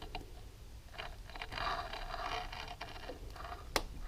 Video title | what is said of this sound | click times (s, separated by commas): Yamaha YFZ450R Full Engine Assembly Part 5 Cylinder, Piston, Rings, Starter & Cylinder Head. | so make sure it's snapped in place | 3.8 s